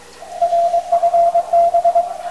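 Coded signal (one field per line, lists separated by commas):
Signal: Morse code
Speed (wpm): 22 wpm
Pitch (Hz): 680 Hz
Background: radio noise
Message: RFB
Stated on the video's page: 50 MHz CW contact with Adelaide, Australia, during a wide South Pacific band opening.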